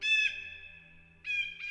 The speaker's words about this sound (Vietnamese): Ngước nhìn lên trên bầu trời xanh như là muốn khẳng định vị thế mà thầy Lương vừa nói đúng, đại bàng xám liền kêu lớn